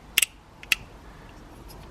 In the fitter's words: just press it and you'll hear some clicks and